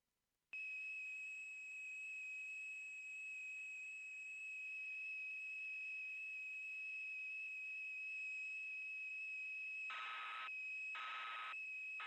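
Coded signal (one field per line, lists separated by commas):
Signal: computer data on cassette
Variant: Yamaha DX9 patch data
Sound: long steady high leader tone, then two short harsh warbling data bursts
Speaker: I've turned the level up, so hopefully this time it'll work.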